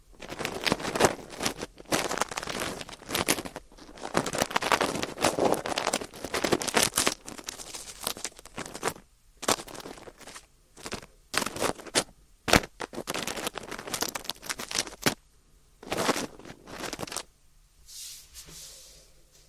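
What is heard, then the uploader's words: Ear cleaning with dense, scratchy rubbing and crackling that comes in bursts, each a second or two long, with short quiet gaps between. The bursts are busier in the first half and grow sparser and shorter after about ten seconds, with sharp clicks near 12 and 15 seconds. ASMR 자극주의 따끔따끔 3dio 귀청소 | ear cleaning.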